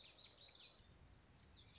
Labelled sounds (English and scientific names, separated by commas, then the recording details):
Common Yellowthroat (Geothlypis trichas)
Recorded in Sonoma County, California